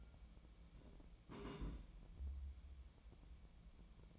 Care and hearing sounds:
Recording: daily activity, microphone in the room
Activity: place on stove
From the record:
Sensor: 1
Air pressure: 1010.0 hPa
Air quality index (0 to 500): 187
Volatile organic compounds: 17 ppm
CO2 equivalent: 2572 ppm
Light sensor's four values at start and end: 38/97/40/49 and 37/96/40/49

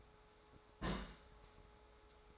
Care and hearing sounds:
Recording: daily activity, microphone in the room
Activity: place on stove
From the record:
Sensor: 3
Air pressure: 1010.3 hPa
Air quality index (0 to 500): 166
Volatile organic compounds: 9 ppm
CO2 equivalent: 2166 ppm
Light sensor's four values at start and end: 50/122/54/60 and 50/122/54/60

